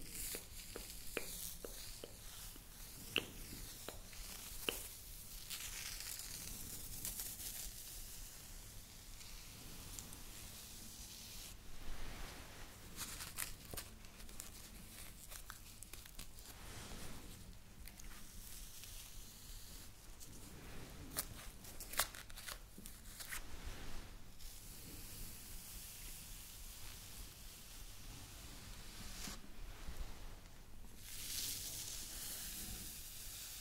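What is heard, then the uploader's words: ASMR massage with steady soft rubbing and hissy rustling, broken by frequent crinkly scrapes and occasional sharper taps over a faint low hum. ASMR Massage For Relaxation.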